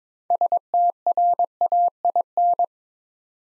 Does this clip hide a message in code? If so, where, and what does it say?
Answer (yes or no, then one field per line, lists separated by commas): yes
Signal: Morse code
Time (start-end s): 0.3-2.6 s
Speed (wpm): 22 wpm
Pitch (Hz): 700 Hz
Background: none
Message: STRAIN